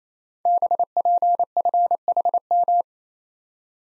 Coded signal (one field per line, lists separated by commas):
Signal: Morse code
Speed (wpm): 29 wpm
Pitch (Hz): 700 Hz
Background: none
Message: BPFHM